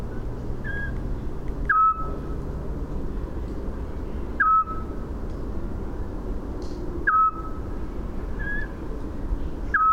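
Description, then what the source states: Eurasian scops owl calling with a single mellow whistle roughly every two and a half seconds, four notes, with a quieter higher whistle between some of them over low hum. 8 May 2018, Landshut.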